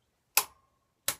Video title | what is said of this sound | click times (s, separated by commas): Cannondale Spidering removal and refit how to | That's it. When you hear that click, you stop. | 0.4 s